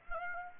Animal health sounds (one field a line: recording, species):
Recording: mosquito wingbeat signal from an infrared sensor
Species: Aedes aegypti